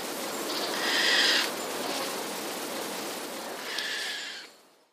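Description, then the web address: Eurasian jay uttering a harsh, scratchy screech followed later by a fainter rasping call, with constant background hiss. Recorded 21 August 2010. "wroblowe ostrzegator sojka"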